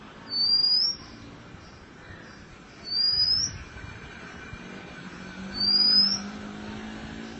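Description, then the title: Oriental magpie-robin giving three pure, high whistles that slide upward, spaced a few seconds apart. Chirping song (kicauan) of the bird. "Suara Kicauan Burung Kacer Durasi Panjang"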